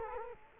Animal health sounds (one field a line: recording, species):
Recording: mosquito wingbeat signal from an infrared sensor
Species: Culex quinquefasciatus